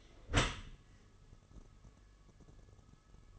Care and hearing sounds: daily activity, microphone in the room; close dishwasher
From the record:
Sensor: 4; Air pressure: 1015.8 hPa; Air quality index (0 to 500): 107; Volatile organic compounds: 2 ppm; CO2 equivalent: 1199 ppm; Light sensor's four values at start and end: 8/19/7/7 and 8/18/7/7

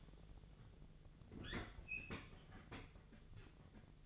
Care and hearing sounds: daily activity, microphone in the room; open fridge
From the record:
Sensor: 4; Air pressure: 1000.9 hPa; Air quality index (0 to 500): 131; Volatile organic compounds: 2 ppm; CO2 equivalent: 979 ppm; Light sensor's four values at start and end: 31/75/31/34 and 29/70/30/32

